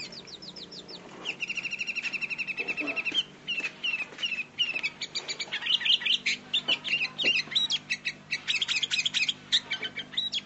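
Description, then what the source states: Sooty-headed bulbul singing a fast, busy stream of high chirps, clipped whistles and short trills, the notes tumbling over one another almost without pause. Singing persistently and energetically (gacor).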